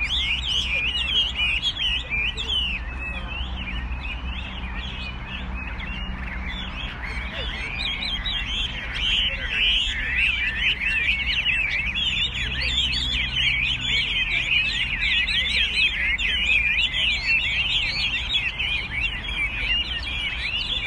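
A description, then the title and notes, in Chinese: Caged birds chirp and trill constantly in a small street-side garden, their bright, overlapping calls dense and lively from start to finish. Beneath them a steady low rumble of traffic runs throughout, with faint voices of older people now and then. 鸟笼：鸟鸣、老人、车流。14:30。西安未央区街边小花园。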